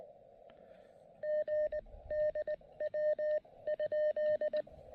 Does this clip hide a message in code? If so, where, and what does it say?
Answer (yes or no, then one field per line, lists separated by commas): yes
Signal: Morse code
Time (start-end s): 1.2-4.6 s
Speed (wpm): 19 wpm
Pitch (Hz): 1800 Hz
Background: none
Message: GDW?